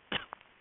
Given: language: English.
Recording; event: throat vibration sensor signal played as sound; cough